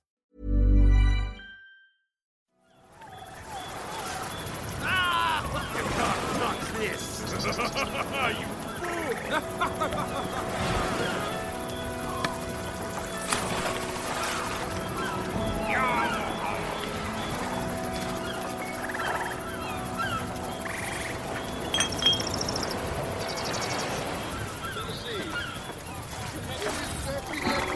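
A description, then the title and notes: A pirate tavern ambience opens with a brief low thud, then settles into a steady murmur of voices with sustained tones and scattered clinks. Pirate tavern | island village ambience | sea shanty. Accordion music.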